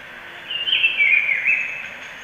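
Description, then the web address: Black-billed peppershrike singing one brief, full-toned warbling phrase lasting about a second and a half over a steady background hiss. Recorded in Ecuador. "Natures Songs S America Birds of Ecuador. Black-billed Peppershrike"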